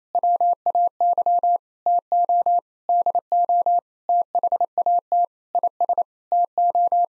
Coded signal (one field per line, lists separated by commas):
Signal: Morse code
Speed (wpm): 28 wpm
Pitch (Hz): 700 Hz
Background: none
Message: WAY TO DO THAT IS TO